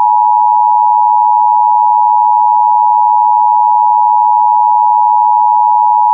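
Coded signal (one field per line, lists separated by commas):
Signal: Emergency Alert System (SAME) tones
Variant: 853 and 960 Hz attention tone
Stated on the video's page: Two tornado warnings for Salem, NJ and New Castle, DE, relayed by cable TV only.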